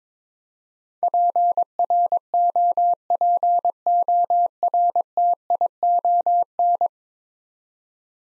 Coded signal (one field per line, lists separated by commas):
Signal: Morse code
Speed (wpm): 22 wpm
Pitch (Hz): 700 Hz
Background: none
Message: PROPORTION